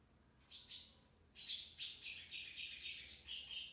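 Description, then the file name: White-browed wagtail singing: a short whistled phrase, a brief pause, then a longer run of loud, sweet, slurred notes that shift up and down in pitch. "Motacilla maderaspatensis"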